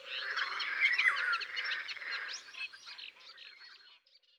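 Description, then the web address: Eurasian golden oriole song, fluty sliding whistles near the start over a dense chorus of other birds, fading out after about four seconds. "Loriot-d Europe. abc de la nature"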